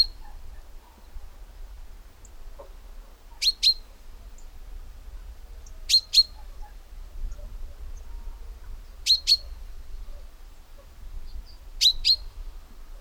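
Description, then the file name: Common chaffinch calls, sharp high double notes given in pairs several times, over a low steady rumble. "Fringilla coelebs"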